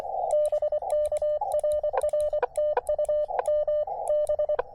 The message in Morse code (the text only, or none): BK RR TU M B